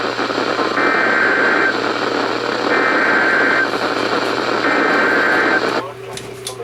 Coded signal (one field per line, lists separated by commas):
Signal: Emergency Alert System (SAME) tones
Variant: header bursts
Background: speech